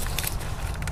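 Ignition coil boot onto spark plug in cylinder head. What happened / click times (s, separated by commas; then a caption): Handled, not yet seated: rubber boot being worked toward the plug / none. The last ignition coil boot is handled as it is pushed down toward the spark plug in the cylinder head, with a steady low rumble underneath and two brief sharp sounds at about 0.2 and 0.3 seconds. Nothing has seated or snapped into place yet.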